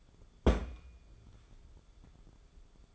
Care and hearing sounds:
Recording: daily activity, microphone in the room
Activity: place on stove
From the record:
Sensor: 5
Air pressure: 1010.5 hPa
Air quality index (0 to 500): 112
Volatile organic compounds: 2 ppm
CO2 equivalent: 1103 ppm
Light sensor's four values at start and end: 566/1432/596/689 and 548/1398/580/666

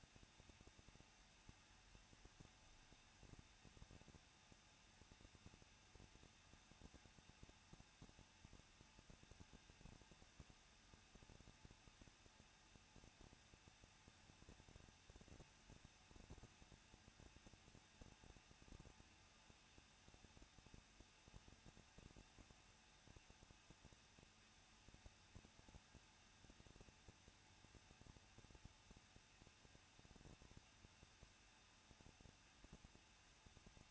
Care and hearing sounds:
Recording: daily activity, microphone in the room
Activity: no activity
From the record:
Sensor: 2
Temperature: 21.0 degrees Celsius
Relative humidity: 37.5%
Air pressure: 1006.3 hPa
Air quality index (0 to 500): 223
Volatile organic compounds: 25 ppm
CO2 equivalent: 2827 ppm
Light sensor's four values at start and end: 2/3/2/2 and 2/3/2/2

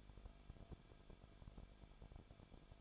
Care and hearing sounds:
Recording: daily activity, microphone in the room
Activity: no activity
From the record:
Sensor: 5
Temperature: 20.4 degrees Celsius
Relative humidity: 39.7%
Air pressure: 1010.8 hPa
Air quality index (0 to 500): 165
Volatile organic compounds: 15 ppm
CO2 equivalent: 2491 ppm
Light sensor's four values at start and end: 2/3/1/1 and 2/3/1/1

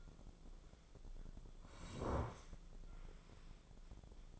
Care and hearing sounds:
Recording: daily activity, microphone in the room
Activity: sit down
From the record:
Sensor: 5

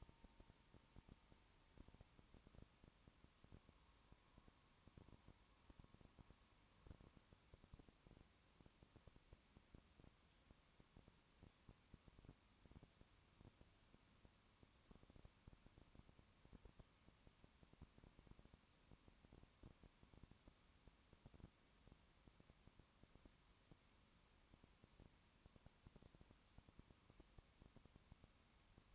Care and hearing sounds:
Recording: daily activity, microphone in the room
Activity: no activity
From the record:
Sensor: 1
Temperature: 19.2 degrees Celsius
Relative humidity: 37.8%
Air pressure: 1001.0 hPa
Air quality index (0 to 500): 197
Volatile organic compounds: 7 ppm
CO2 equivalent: 1992 ppm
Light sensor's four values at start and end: 1/2/1/1 and 1/2/1/1

